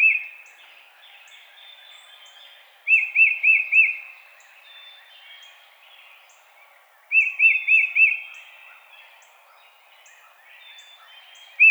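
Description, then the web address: Tufted titmouse whistling bright arched notes in runs of four, four bursts spaced roughly four seconds apart, the first and last cut off, with soft chirps from other birds behind. Recorded 22 March 2007. "Tufted Titmouse 2007 03 22"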